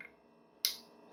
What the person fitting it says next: clicks into place.